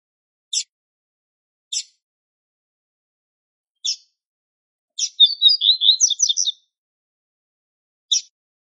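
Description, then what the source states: Double-collared seedeater singing: spaced high chip notes precede a quick, jumbled twittering phrase around five seconds in, followed by one more lone chip. Male singing.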